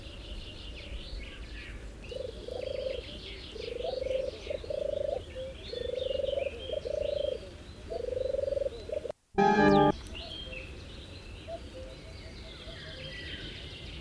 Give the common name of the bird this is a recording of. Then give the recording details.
Red-breasted Flycatcher. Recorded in the wild. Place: Tulcea, M?cin-Gebirge, Dobrogea, DE. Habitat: mountains. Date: 1973-05-10 04:40. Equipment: Nagra III BH, Sennheiser MD 21, parabola. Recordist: Schubert, Michael